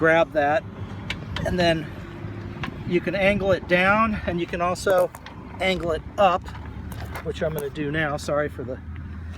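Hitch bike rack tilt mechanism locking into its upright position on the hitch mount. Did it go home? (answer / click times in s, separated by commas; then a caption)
no / none. Someone talks while handling the metal tilt lever on a Küat hitch-mounted bike rack on a 2016 Subaru Forester, angling the rack to swing it up toward its raised, locked position, with faint handling noise under the speech. The tilt mechanism has not yet seated or clicked into its upright position on the hitch mount.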